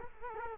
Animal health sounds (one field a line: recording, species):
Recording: mosquito wingbeat signal from an infrared sensor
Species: Culex quinquefasciatus